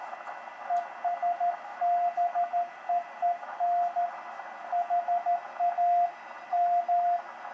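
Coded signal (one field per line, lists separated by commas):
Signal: Morse code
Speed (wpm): 13 wpm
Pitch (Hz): 700 Hz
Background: radio noise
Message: ES BEEN HAM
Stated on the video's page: Portable contact keyed with a Begali Traveler CW paddle, running 100 W from a Bioenno battery.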